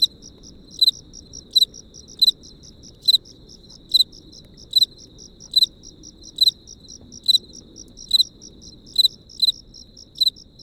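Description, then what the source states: Cricket calls: bright, sharp chirps recurring regularly, with quieter pulses between and a faint low background hum. Crickets recorded close up.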